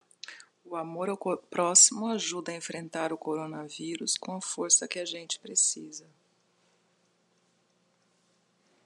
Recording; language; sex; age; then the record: spoken sentence; Brazilian Portuguese; female; 40 to 49 years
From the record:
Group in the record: control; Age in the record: 48 years